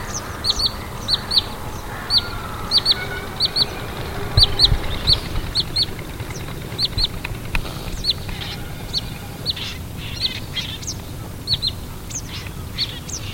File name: Tringa glareola - Wood Sandpiper